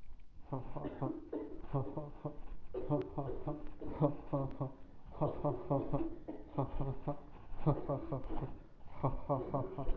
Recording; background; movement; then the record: laughter; a bystander coughing; walking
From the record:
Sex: male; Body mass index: 23.7 kg/m2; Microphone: on the chest, facing the body